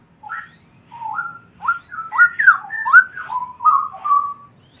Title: Kicau Kacer